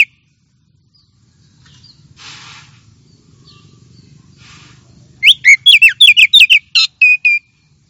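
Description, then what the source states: Oriental magpie-robin song arriving after several seconds of near silence: a quick burst of sharp whistled and slurred notes at the end. Champion singing bird.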